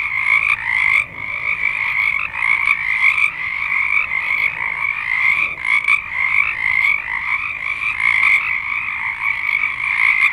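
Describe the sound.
Many frogs calling together in a steady, high, rattling chorus, the pulsed notes blending into one continuous shimmering sound.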